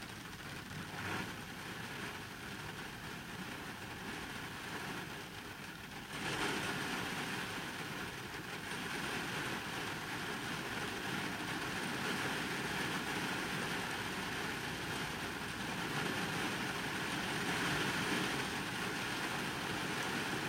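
Rain on a car with no one inside, a dense steady patter drumming on the roof and glass under a low engine-like rumble. Just after six seconds the rain grows louder and fuller, then holds that level evenly to the end.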